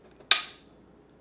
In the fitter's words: that nice click means they are good to go